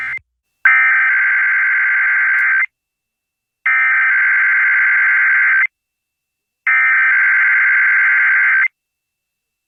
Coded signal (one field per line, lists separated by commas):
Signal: Emergency Alert System (SAME) tones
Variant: header bursts